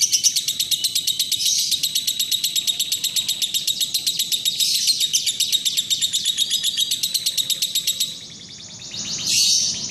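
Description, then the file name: Lovebird chattering in a rapid, shrill, nonstop stream for about eight seconds, then it breaks off and a short rough burst follows. Long continuous "ngekek" chatter. "lovebird golden boy. omkicau"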